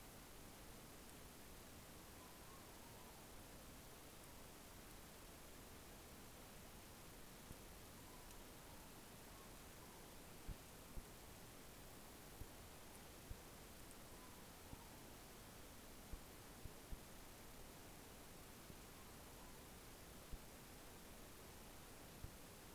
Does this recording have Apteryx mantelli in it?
no